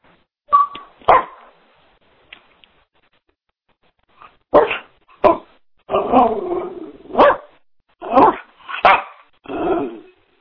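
Dog barking: two sharp barks early, a pause, then a run of several loud, hoarse barks over a quiet background.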